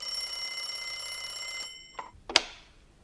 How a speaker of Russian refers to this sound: Зазвонил телефон, и Нунан схватил трубку.